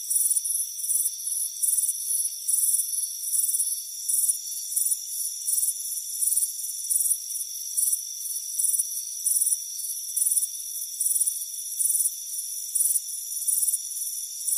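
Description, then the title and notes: Crickets give bright pulsed chirps in quick, steady succession, with a continuous high drone beneath. Warm afternoon on a front porch. "Soothing Crickets Chirping Sound. It's a warm afternoon as you relax in a hammock on the front porch. Relax and fall asleep to the soothing sound of chirping crickets"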